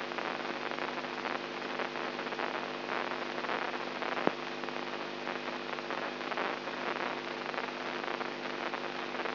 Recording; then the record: brain microelectrode recording played as sound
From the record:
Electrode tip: inside the subthalamic nucleus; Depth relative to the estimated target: -1 mm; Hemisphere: right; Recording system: AlphaMap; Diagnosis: Parkinson's disease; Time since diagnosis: 13 years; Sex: female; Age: 63 years